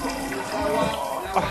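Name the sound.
water running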